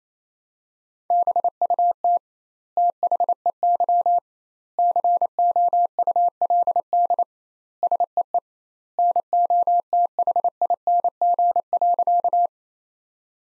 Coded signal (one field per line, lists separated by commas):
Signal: Morse code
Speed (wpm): 28 wpm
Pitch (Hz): 700 Hz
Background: none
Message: BUT THEY COULD SEE NOTHING.